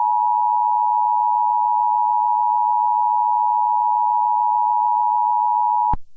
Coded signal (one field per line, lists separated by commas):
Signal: Emergency Alert System (SAME) tones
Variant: 853 and 960 Hz attention tone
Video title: EAS scenario #1: Infected phone sounds